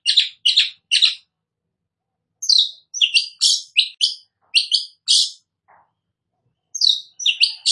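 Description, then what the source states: Long-tailed shrike song of harsh, scratchy chattering notes in quick groups, broken by a short pause, then resuming with more rasping phrases. Described as gacor, singing actively.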